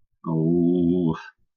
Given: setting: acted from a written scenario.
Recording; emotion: vocal sound without words; guilt